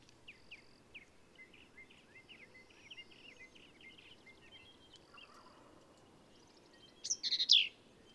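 Black-capped vireo song: a long run of faint rapid chips followed near the end by one loud, scratchy burst of high notes.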